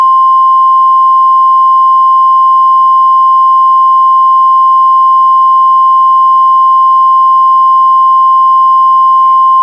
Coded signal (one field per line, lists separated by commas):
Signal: Emergency Alert System (SAME) tones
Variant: 1050 Hz attention tone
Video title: EAS Mock - Tornado in Schenectnady